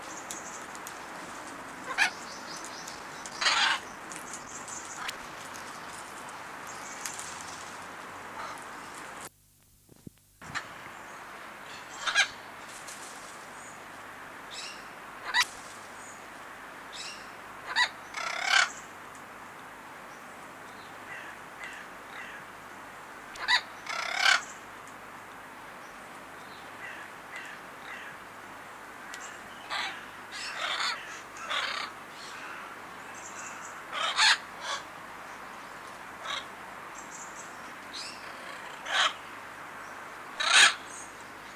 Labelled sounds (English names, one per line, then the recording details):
Red-fronted Macaw
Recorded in captivity
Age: adult
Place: Tiergarten Wilhelma/Stuttgart, Baden-Württemberg, DE
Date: 2004-10-03 18:55
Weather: bedeckt - heiter, 17°C
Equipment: Sony WM-D6C, Sennheiser ME 80, Kopie Uher 4000 Report Monitor
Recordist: Tembrock, Günter